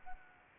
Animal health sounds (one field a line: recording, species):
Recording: mosquito wingbeat signal from an infrared sensor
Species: Anopheles arabiensis